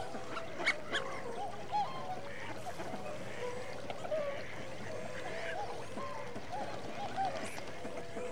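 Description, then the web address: Waterfowl flock calling: many soft, overlapping nasal calls in a continuous low chatter, with a few louder honks rising above it. Winter migrant waterfowl. "BBC Sound Effects Library BBC - Animals and Birds Winter Migrant Waterfowl"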